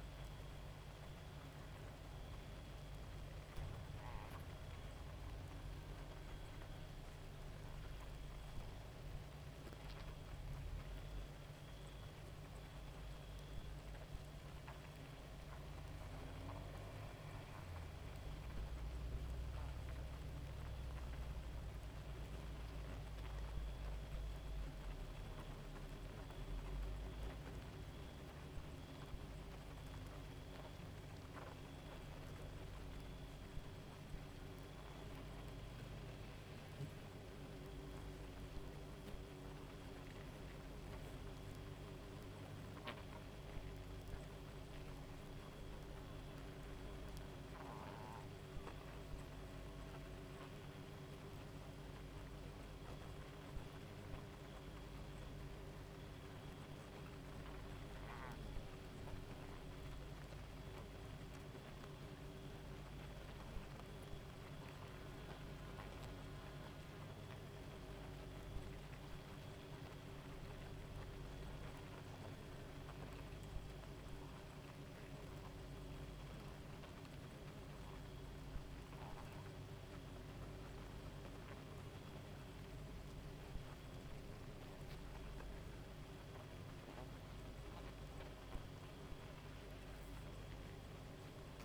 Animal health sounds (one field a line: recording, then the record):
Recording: honeybee colony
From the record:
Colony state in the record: active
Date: 28 July 2017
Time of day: 1:40